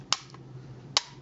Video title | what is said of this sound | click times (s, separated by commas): Rob A Reviews Transformers Masterpiece MP-24 STAR SABER | And they're going to click into place. They're actually going to lock | 0.1 s, 1.0 s